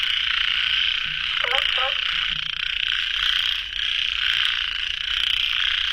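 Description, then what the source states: Frog chorus forms a continuous high trill, with brief paired croaks near one and a half seconds and a couple of deep grunting notes. Frogs calling late at night at a pond; recorded in the field by the uploader.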